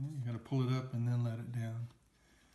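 A man talks while handling the adjustable arm of a plastic and metal LIFELONG upryze ergonomic laptop stand, lifting it up and letting it down toward its ratchet lock point, then it goes quiet near the end. The arm has not seated yet and no lock click has happened.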